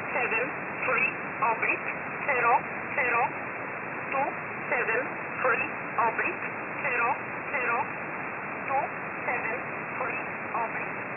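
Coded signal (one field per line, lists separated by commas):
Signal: numbers station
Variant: E11 Oblique, English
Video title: 17 02 2022 Number station E11 Oblique in English to Eu 0930 on 7469 unknown tx site in USB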